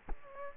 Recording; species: mosquito wingbeat signal from an infrared sensor; Culex quinquefasciatus